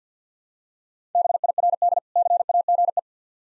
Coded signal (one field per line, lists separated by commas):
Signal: Morse code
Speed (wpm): 50 wpm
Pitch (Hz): 700 Hz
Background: none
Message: BIRD CAGE